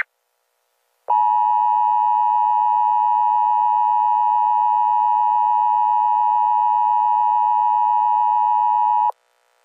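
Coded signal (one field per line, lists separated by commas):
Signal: Emergency Alert System (SAME) tones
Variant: 853 and 960 Hz attention tone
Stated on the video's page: Fictional EAS scenario of a Los Angeles earthquake, using valid EAS tones.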